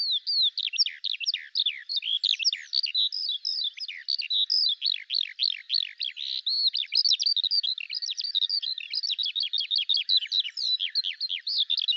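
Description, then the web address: Bird song, a rapid unbroken flow of high chirping and downward-slurred notes, steady and energetic throughout. "Deverinetal 2025 File cleaned normalized Bird Al Ar"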